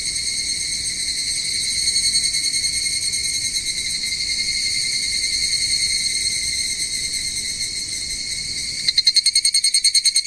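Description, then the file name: Evening cicada: steady shrill insect drone, then near the end an evening cicada breaks in with a run of loud, rapid, pulsed notes. "higurashi"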